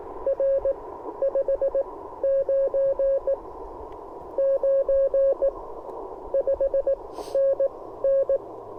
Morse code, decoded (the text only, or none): R 599 5NN